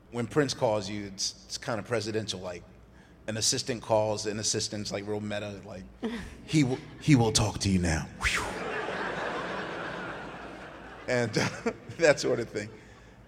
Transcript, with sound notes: When Prince calls you, it's kind of presidential. Like, an assistant calls an assistant It's like real meta. Like, he will talk to you now.
(LAUGHTER)
And that sort of thing.